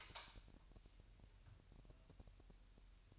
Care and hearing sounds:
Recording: daily activity, microphone in the room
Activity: light on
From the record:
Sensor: 2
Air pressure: 1001.7 hPa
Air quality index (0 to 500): 247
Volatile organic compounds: 35 ppm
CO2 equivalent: 3064 ppm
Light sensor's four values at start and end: 4/9/4/4 and 9/25/10/10

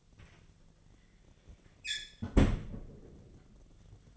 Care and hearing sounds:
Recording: daily activity, microphone in the room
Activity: close fridge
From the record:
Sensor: 4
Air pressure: 1010.6 hPa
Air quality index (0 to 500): 176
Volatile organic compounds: 5 ppm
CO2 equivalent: 1783 ppm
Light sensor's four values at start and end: 28/85/33/34 and 35/101/40/40

